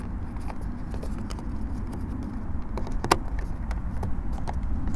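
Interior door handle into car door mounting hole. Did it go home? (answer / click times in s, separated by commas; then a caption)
yes / 3.1 s. A plastic interior door handle assembly for a Toyota Camry is lined up with its mounting hole and pushed into the car door, with faint rustling and a few small taps over low background rumble. A sharp snap at 3.1 s marks the handle seating back into place.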